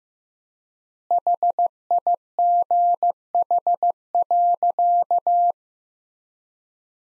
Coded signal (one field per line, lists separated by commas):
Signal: Morse code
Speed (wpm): 15 wpm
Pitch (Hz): 700 Hz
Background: none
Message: HIGH.